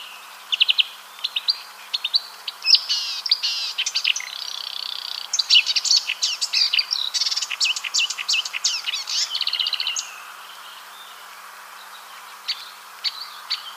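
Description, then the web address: Marsh warbler song: a fast, varied chatter of sharp chirps and trills, pausing before a few last notes near the end. "ljud Acrocephalus palustris"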